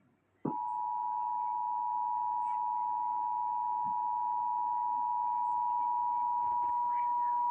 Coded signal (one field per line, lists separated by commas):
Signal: Emergency Alert System (SAME) tones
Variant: 853 and 960 Hz attention tone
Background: speech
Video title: National EAS Test of 2016 [RECREATION] (TV Recording Edition)